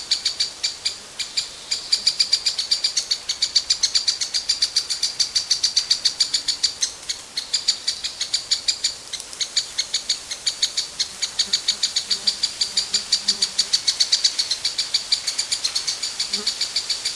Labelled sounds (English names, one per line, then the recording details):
Lesser Spotted Woodpecker
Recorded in the wild
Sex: diverse
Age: diverse
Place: Mühlenbecker Land, OT Summt, Brandenburg, DE
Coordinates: 52.6931, 13.3619
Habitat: garden
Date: 1983-06-04 12:56
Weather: overcast, 18-26°C, light winds
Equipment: Nagra SN, Kopie Uher 4000 Monitor Report
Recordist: Tembrock, Günter
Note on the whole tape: Kieferngrund (Grundstück), Erlenstammrest. Alttiere und Junge: Rufe am Nest (auf Beobachter bezogen)